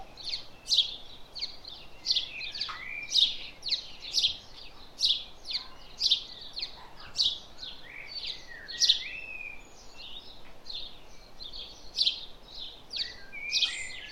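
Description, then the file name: House sparrow chirps, a steady run of short, harsh, fairly high notes, some slurred, repeated throughout. "Passer domesticus"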